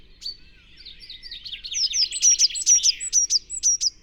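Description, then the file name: Eurasian blue tit call: a soft buzzy chattering trill building into a run of loud, sharp high peeps at a steady rapid pace. "Cyanistes caeruleus"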